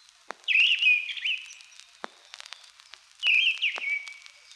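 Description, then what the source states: Mistle Thrush song with two clear whistled phrases a few seconds apart, sharp clicks scattered through the gaps. Song, occasionally heard in old pine forest; described as beautiful.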